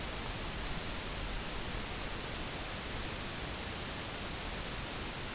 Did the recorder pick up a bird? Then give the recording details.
no. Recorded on Arctic tundra, site UTQI-0, on 13 June 2019. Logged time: 00:00